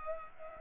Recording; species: mosquito wingbeat signal from an infrared sensor; Anopheles gambiae